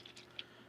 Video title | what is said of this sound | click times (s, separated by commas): Megatron Transformers Robots in Disguise | you want to kind of flip around and it's going to snap into place here | 0.4 s